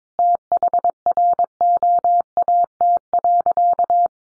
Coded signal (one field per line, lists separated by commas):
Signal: Morse code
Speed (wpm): 22 wpm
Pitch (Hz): 700 Hz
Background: none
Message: THROAT.